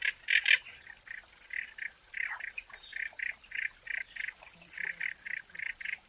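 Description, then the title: Frog: a steady run of short, rasping croaks repeated several times a second, after a few louder harsh notes at the start. Frogs calling in a forest. "林中蛙鸣鸟鸣"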